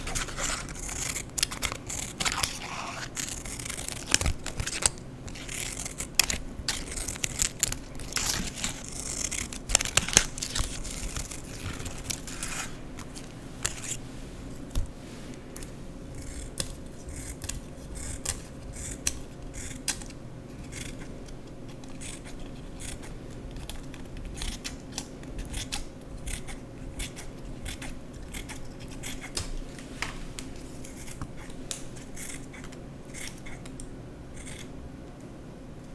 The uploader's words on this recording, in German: Scheren- und Schneidesounds. In dieser Folge zerschneide und zerreiße/knülle ich Papier.